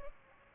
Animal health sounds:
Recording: mosquito wingbeat signal from an infrared sensor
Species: Aedes albopictus

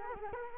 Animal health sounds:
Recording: mosquito wingbeat signal from an infrared sensor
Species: Culex quinquefasciatus

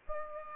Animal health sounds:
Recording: mosquito wingbeat signal from an infrared sensor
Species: Aedes aegypti

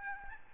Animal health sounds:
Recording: mosquito wingbeat signal from an infrared sensor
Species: Aedes albopictus

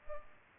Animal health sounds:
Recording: mosquito wingbeat signal from an infrared sensor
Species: Culex pipiens

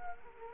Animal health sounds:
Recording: mosquito wingbeat signal from an infrared sensor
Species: Culex quinquefasciatus

